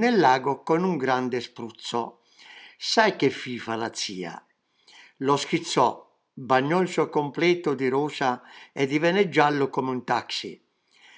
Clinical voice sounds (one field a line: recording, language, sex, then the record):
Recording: read passage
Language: Italian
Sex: male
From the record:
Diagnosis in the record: healthy control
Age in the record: 77 years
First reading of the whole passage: 68 s, 7.6 characters per second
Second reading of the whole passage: 60 s, 8.3 characters per second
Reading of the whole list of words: 67 s, 4.2 characters per second